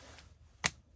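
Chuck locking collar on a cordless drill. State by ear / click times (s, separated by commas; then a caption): seated / 0.7 s. The locking collar on a cordless drill's chuck is pushed back one click, locking the chuck. A single short, sharp click rings out at 0.7 s over a quiet background, and the chuck is locked in place.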